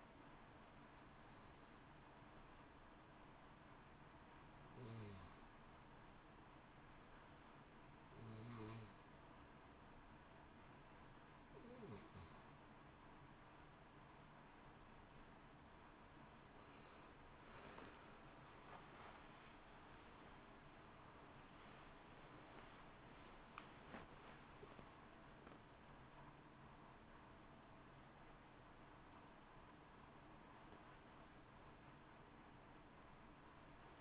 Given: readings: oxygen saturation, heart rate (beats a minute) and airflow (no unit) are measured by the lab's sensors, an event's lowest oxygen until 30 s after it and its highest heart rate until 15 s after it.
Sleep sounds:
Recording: a person awake in a sleep study, by a voice recorder at the bedside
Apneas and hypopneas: 1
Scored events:
4.00-19.60 s: hypopnea (N1, oxygen 94% highest, then 91% lowest)
10.00-34.01 s: new sleep stage, awake
13.00-34.01 s: awake
From the record:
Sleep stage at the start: N1 (lightest sleep)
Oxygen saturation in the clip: 91 to 94%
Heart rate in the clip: 62 to 70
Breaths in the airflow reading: 12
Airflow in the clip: -1.9 to 1.1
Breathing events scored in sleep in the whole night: 328 in 6.3 hours asleep

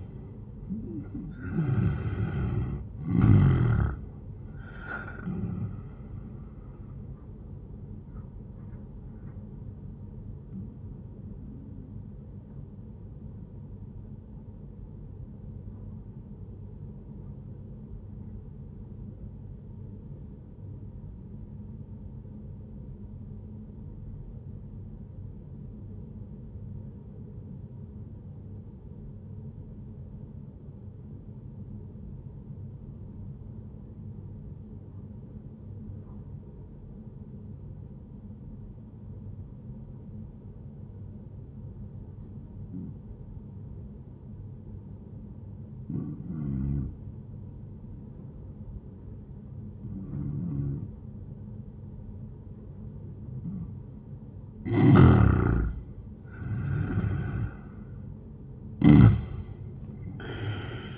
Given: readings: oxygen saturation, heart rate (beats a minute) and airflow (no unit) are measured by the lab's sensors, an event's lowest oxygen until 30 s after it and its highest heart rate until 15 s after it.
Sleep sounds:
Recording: breathing in sleep by a smartphone at the bedside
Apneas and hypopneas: 1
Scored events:
14.00-54.40 s: obstructive apnea (N1, oxygen 97% highest, then 87% lowest, heart rate 66 at the start, 86 highest)
31.00-60.98 s: new sleep stage, N2 (light sleep)
From the record:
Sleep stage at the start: N1 (lightest sleep)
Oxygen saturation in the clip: 83 to 97%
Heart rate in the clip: 65 to 87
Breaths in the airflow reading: 5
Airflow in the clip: -10.8 to 15.8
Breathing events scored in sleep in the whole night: 131 in 7.2 hours asleep

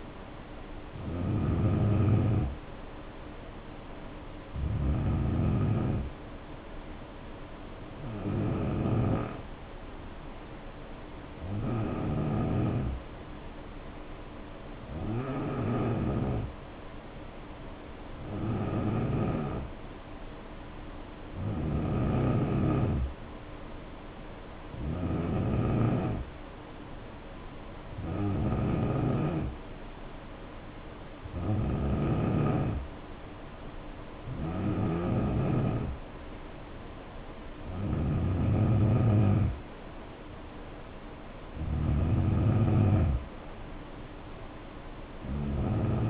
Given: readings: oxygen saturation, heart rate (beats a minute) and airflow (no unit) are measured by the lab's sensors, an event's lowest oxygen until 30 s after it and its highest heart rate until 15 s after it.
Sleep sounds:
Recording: breathing in sleep by a voice recorder at the bedside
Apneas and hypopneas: 1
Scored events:
12.00-25.60 s: hypopnea (N2, oxygen 92% highest, then 89% lowest, heart rate 67 at the start, 74 highest)
14.00-46.10 s: new sleep stage, N3 (deep sleep)
From the record:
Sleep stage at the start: N2 (light sleep)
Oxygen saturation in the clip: 89 to 92%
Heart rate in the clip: 67 to 74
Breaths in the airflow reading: 13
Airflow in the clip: -5.9 to 3.4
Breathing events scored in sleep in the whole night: 520 in 7.2 hours asleep

